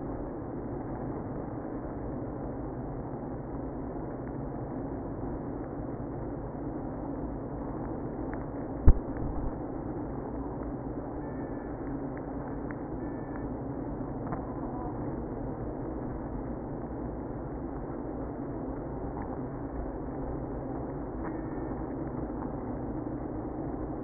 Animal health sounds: honeybee colony, microphone inside the hive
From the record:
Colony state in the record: queenless (queen removed); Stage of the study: after two queens were removed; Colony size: about 60,000 bees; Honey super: yes

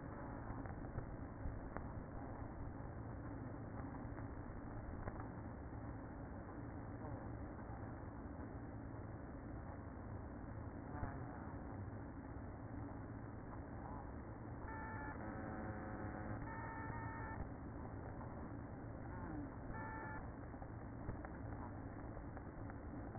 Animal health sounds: honeybee colony, microphone inside the hive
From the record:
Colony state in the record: queen present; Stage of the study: after two queens were removed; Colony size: about 60,000 bees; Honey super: yes

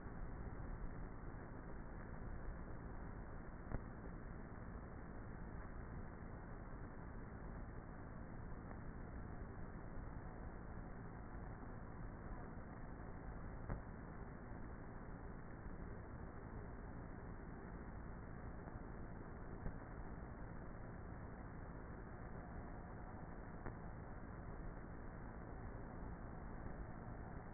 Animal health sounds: honeybee colony, microphone inside the hive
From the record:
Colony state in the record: queenless with a low population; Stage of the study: before two queens were removed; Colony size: about 30,000 bees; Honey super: no

